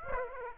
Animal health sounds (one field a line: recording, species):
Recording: mosquito wingbeat signal from an infrared sensor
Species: Aedes aegypti